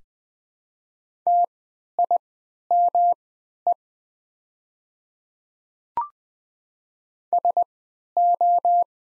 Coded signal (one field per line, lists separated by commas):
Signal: Morse code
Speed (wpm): 20 wpm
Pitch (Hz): 700 Hz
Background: none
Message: TIME SO